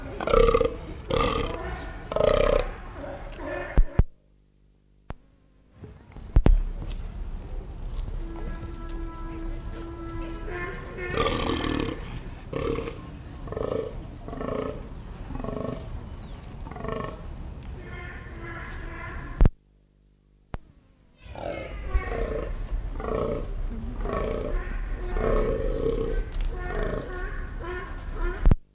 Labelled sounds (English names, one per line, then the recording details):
Fallow Deer
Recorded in captivity
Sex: group
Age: adult
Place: Zoo Berlin, Berlin, DE
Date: 1959-11-01 12:30
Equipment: Reporter (Vollspur)
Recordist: Tembrock, Günter